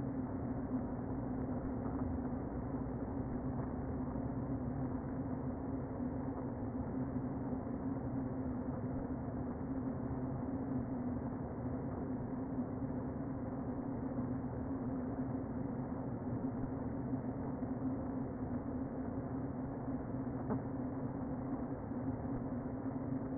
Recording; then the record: honeybee colony, microphone inside the hive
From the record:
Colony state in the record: queen present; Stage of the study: before two queens were removed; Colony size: about 60,000 bees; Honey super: yes